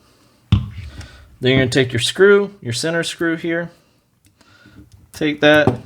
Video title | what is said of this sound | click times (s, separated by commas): FX Crown MKI and MKII Complete Reseal - FX Airguns Crown O-Rings Reseal | and you can feel the click | 0.5 s